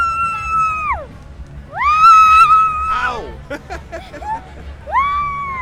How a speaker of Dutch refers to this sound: Kun jij een beetje gillen als je op de schommel zit? En dan heen en weer, dat is grappig, want dan hoor je het zo heen en weer gaan. Oké, moet ik gillen? Ja, doe maar gillen.